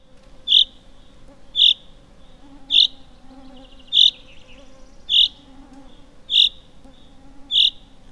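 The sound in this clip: Common chaffinch giving a single sharp, high call note repeated roughly once a second, steady and evenly spaced, over a faint low hum.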